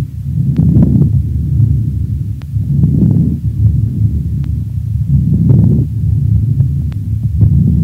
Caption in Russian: Влажные, незвонкие, мелкопузырчатые хрипы у пациента с бронхитом. То содержащие воздух альвеолы выполняют роль воздушной подушки, и звуки, возникающие в бронхах, выслушиваются плохо. В этом случае их называют незвонкими влажными хрипами.